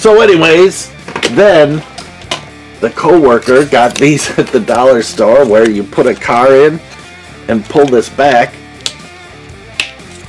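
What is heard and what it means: A toy car is put into a plastic dollar-store car launcher bought by a co-worker, and the plunger is pulled back until it catches. Someone talks over the clip, and a sharp click is heard at 9.8 s as the launcher plunger latches and seats.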